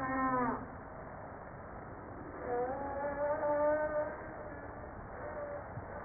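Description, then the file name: Humpback whale song: a brief harmonic groan, then a long, steady, slightly rising tonal moan with overtones, fairly faint. Recorded 5 March 1994. "Baleine a bosse 940305-1022"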